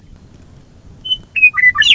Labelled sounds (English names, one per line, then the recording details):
Western Meadowlark
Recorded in Sonoma County, California